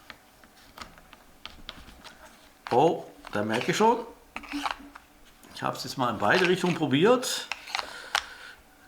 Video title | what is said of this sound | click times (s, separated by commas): CMGF Messer - Bestellt auf TEMU | What's missing, you know. The plop means it doesn't lock in well | none